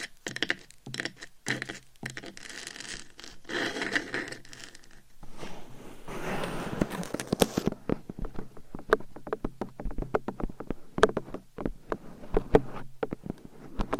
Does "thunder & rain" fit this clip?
no